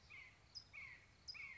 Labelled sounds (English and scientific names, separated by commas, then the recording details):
California Towhee (Melozone crissalis)
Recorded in Sonoma County, California